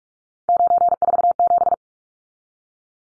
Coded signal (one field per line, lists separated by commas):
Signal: Morse code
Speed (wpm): 44 wpm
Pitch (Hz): 700 Hz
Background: none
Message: 947